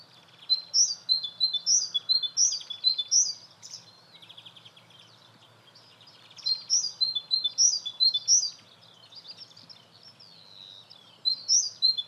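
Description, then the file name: Great tit uttering bright, high paired notes in rapid repeated bouts, broken by a brief buzzy trill and quieter gaps between runs. "Parus major"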